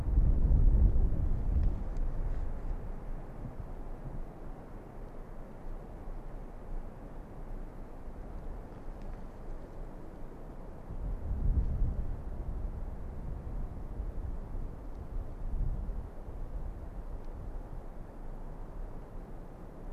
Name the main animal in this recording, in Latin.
Vulpes lagopus